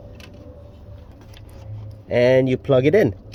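A headlight wiring harness connector is picked up and lined up with the plug of an Easy Eagle LED headlight bulb, with faint handling ticks over a low background hum. Near the end, someone talks. Nothing has clicked or seated yet.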